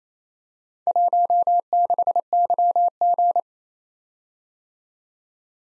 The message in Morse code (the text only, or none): 16YG